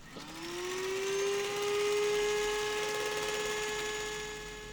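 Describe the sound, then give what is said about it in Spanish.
A blender whirs through a cooked sauce of paprika, white wine, stock cube and water for mussels, its motor spinning up to a steady, high-pitched whine that holds evenly for several seconds before easing slightly at the end. No one speaks. “Una vez pasado ese tiempo, lo pasamos por la batidora.”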